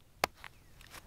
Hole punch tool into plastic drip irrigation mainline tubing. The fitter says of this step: until it snaps into the mainline pull it out and you're all done from